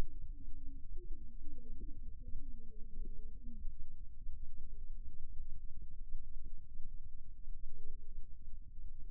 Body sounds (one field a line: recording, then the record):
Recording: forearm muscle sounds (acoustic myography)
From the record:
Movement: rest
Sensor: system 2, bracelet of six BSWA MPA416 microphones around the upper forearm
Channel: 3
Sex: male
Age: 22 years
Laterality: right